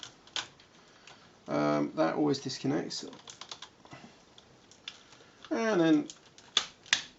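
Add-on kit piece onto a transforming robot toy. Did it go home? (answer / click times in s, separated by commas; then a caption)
yes / 6.6 s, 6.9 s. A plastic Maketoys Armagedon add-on kit piece is fiddled with and fitted onto an Omega Supreme transforming robot toy while someone talks, with small handling knocks along the way. It snaps into place with sharp clicks at 6.6 s and 6.9 s, and the piece is seated.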